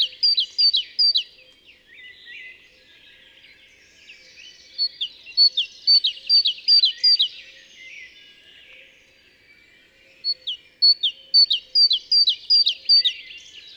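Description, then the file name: Great tit giving rapid bursts of high, sharp chirping notes in three clustered series, with quieter twittering between the bursts. "Parus major"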